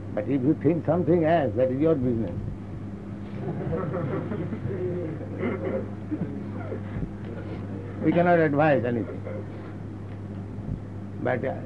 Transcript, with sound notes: But if you think something else, that is your business. [laughter] We cannot advise anything. But